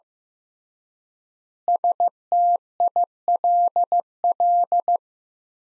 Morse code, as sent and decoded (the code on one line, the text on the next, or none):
... - .. .-.. .-..
STILL